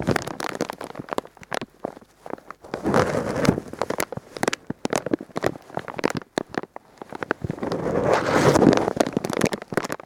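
Bubble wrap crackles and pops in a steady stream of sharp, irregular snaps, swelling into two denser, louder bursts of crinkling before easing off again; no voices.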